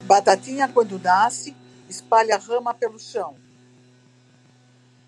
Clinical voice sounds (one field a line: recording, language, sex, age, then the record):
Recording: short text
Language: Brazilian Portuguese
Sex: female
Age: 60 to 69 years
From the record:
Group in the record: control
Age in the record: 63 years